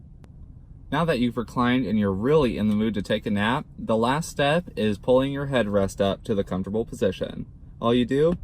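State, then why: Not seated. In a Lincoln Continental, the adjustable headrest and its side wings on a rear car seat are being pulled up toward the comfortable position while someone talks almost continuously after a quiet first second. The clip ends before the wing seats, so nothing has clicked into position yet.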